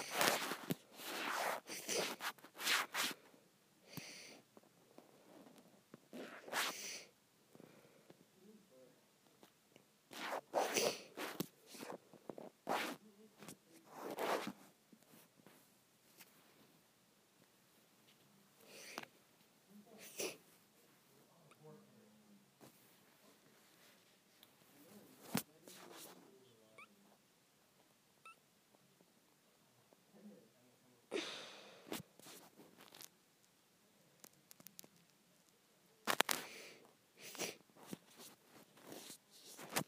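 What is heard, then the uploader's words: Scrunchie sounds come as short, crisp bursts of fabric rustling and scrunching, bright and hissy, arriving in clusters every few seconds. Between the bursts there are quieter stretches with faint soft handling noises and light rubbing. ASMR Satisfying Scrunchie Sounds.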